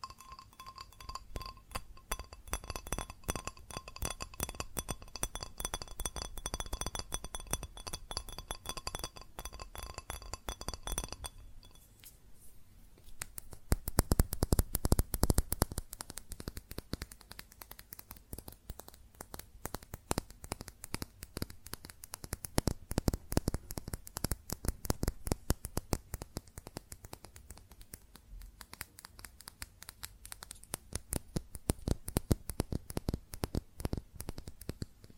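Quick, dense tapping on glass and ceramic objects runs throughout, a rapid patter of bright clinks. For the first eleven seconds a steady ringing tone sits beneath the taps; after a brief lull near twelve seconds, louder, sharper tapping continues to the end.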